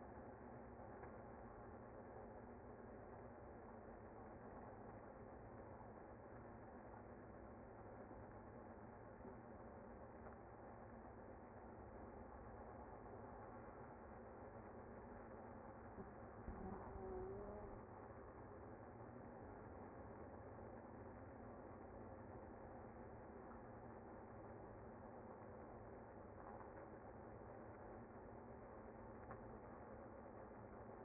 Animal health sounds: honeybee colony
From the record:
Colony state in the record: active

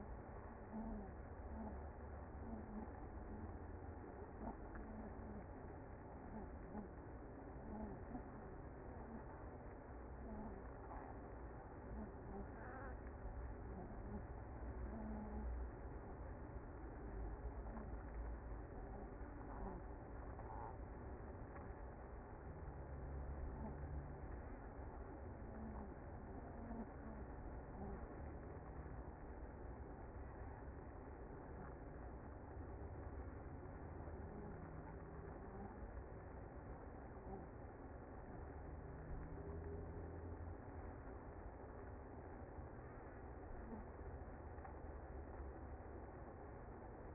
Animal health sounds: honeybee colony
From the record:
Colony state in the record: active

